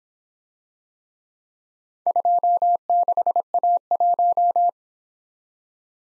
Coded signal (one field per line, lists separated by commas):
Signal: Morse code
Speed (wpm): 26 wpm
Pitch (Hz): 700 Hz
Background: none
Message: 26A1